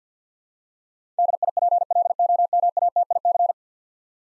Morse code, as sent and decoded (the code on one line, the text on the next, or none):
-.. .. .--. .-.. --- -- .- - .. -.-.
DIPLOMATIC